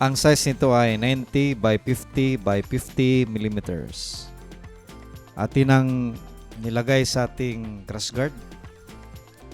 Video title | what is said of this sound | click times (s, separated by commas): MOTOWOLF BUMPER PROTECTIVE BLOCK - MDL 3703 - ADV 160 | sa nakita niyo maluang hindi kumapit dahil masyadong | none